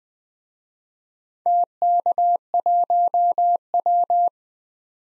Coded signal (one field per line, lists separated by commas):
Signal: Morse code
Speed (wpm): 20 wpm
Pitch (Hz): 700 Hz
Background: none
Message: TK1W